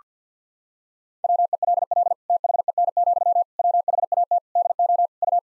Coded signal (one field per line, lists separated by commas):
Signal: Morse code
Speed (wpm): 48 wpm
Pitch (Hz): 700 Hz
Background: none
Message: WELL THEN, WHAT DO U